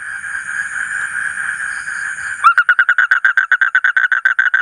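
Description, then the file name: Asian common toad trill: fast, sharply pulsed notes start abruptly after a steady droning sound and continue for about two seconds. "suara kodok bangkong kolong kodok buduk"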